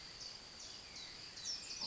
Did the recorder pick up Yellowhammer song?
no